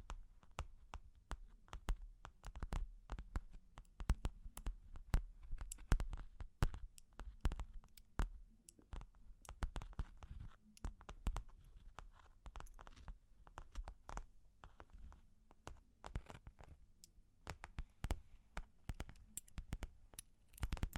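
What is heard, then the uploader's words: Long claws tap and scratch in quick, irregular bursts, each click sharp and bright, with brief pauses scattered throughout. The clicks cluster densely at times, then thin out, and a faint low hum sits underneath the whole stretch. Long Claws Tapping and Scratching (No Talking).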